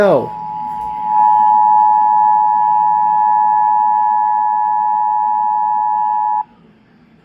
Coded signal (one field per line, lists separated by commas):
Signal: Emergency Alert System (SAME) tones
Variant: 853 and 960 Hz attention tone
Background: speech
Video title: Weeklies on Monthlys from 9/6/23 (EAS #1216 - 1224)